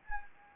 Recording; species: mosquito wingbeat signal from an infrared sensor; Anopheles gambiae